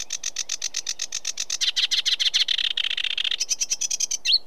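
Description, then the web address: Sedge warbler song: a steady run of scratchy chattering notes that swells into a dense grating buzz, then breaks back into quick chatters and a squeaky slur. British birds. "The BBC Sound Effects Library (British Birds) Sedge Warbler"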